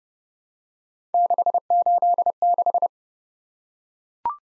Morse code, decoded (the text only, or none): 686